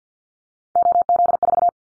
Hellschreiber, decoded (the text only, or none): none